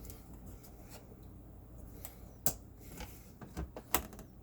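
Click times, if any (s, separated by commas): 2.5 s, 3.9 s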